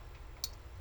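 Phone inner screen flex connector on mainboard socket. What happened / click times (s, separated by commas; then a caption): The flex connector clicked as it was pulled off its socket / 0.4 s. On a Motorola RAZR+ 2024 / RAZR 50, the inner screen's flex cable board-to-board press connector is pulled back off its socket on the phone mainboard. It gives a single short, sharp click at 0.4 s over a steady low background hum. The connector is released with an audible click on the way out, though it had not clicked going in.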